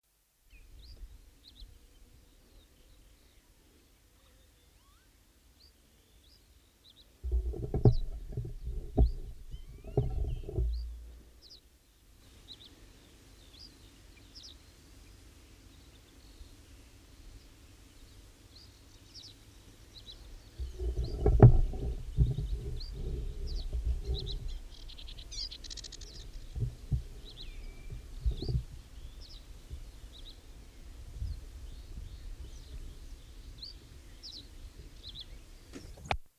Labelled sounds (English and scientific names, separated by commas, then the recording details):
Reed Bunting (Emberiza schoeniclus) song
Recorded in the wild
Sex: male
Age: adult
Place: Damme, OT Dümmerlohausen, Niedersachsen, DE
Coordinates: 52.5333, 8.28333
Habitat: lake
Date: 1970-05-18
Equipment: Uher 4000 Report-S, Bändchenmikro Beyer M 260, Parabolspiegel Polyester (470 mm)
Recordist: Conrads, Klaus
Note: Am Dümmer See. Männchen (Dümmerlohausen 6): Gesang